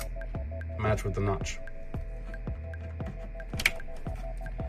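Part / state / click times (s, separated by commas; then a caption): 8-pin CPU power connector into motherboard socket / seated / 3.7 s. During a power supply replacement in a Boot Hardware chassis, an 8-pin CPU power connector is lined up with its clip matching the notch and pushed into its motherboard socket while someone talks over a steady background tone. Soft handling and tapping noises lead up to one loud, sharp latch click at 3.7 s as the connector seats.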